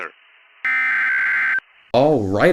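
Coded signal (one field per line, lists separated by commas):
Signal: Emergency Alert System (SAME) tones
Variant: header bursts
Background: speech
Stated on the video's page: Fictional EAS scenario, not a real alert.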